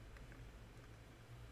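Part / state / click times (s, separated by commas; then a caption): plastic brick piece laid into the rear of a brick-built car model / not seated / none. A plastic brick piece is laid into the back of a LEGO Speed Champions Fast & Furious 1970 Dodge Challenger R/T (76912) model, making two faint soft taps at about 0.2 and 0.3 seconds over a low steady background hum. Nothing has clicked or seated: the piece only rests in place with no stud connection and would fall out if the model were swooshed.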